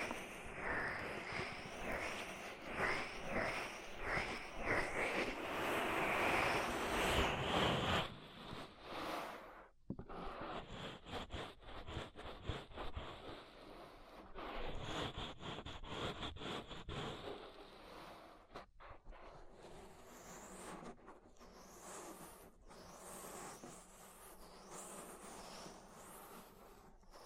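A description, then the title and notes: Deep ear treatment sounds: dense crackling and rustling that is loudest in the first eight seconds. After a brief gap near ten seconds, rapid scratchy clicks and taps follow in quick bursts, then ease into softer, sparser rubbing and crinkling toward the end. ASMR Deep Ear Treatment for Sleep (No Talking).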